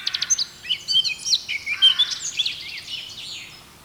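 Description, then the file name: Eurasian blackcap opening with quick ticking notes, then running into a tumbling, scratchy warble that fades toward the end. "Sylvia atricapilla"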